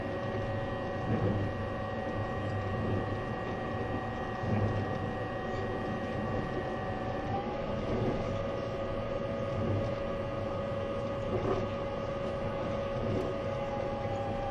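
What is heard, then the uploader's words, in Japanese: Running noise of a moving vehicle: a steady, dense low rumble overlaid with constant whining tones. Around seven and a half seconds the whine shifts slightly in pitch. Light mechanical rattling and clicking recur throughout, with brief swells near 1, 4.5 and 11.5 seconds. E257系 あずさ19号03 甲府～松本。音の旅(走行音)。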